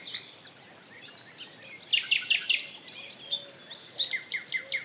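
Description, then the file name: Common nightingale song phrases: scattered high chirps, then a fast series of four sharp ticking notes, later a run of clear descending whistled notes, against a faint hiss. "Luscinia megarhynchos"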